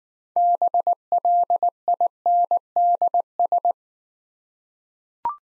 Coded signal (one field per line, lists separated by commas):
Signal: Morse code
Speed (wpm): 19 wpm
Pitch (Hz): 700 Hz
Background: none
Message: BLINDS